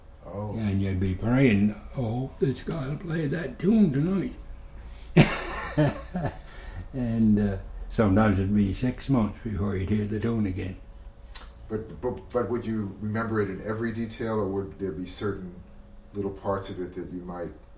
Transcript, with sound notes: And you'd be prayin', “I hope this guy'll play that tune, tonight.”. (laughs) And sometimes it would be six months before you'd hear the tune again.
But would remember it in every detail, or would there be certain little parts of it that you might